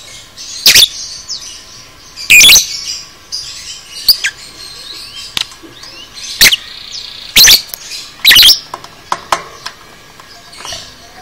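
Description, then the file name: Lovebird chirping with sharp, shrill squeaks and clicks scattered irregularly, some louder harsh bursts, and soft twittering underneath. Masteran lovebird 'paud' recording, made for training cage birds. "masteran lovebird paud"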